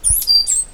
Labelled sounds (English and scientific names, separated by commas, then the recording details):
Stitchbird (Notiomystis cincta) song
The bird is a male
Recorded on Tiritiri Matangi Island, New Zealand, in 2005
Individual 8, of nest box 10